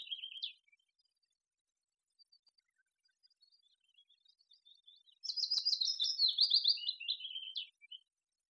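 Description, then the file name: Eurasian blackcap song: a brief whistled note, soft faint chips, then a loud, rapid burst of ringing, trilled notes lasting over two seconds. "Sylvia atricapilla"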